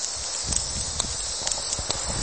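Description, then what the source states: Cicada giving a loud, continuous, hissing drone with scattered soft clicks. Loud cicada, recorded close.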